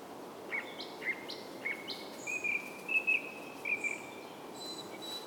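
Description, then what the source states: Bird song of short whistled notes, each slurred and repeated roughly every half second, with faint higher chirps above, over soft background noise. Soundscape.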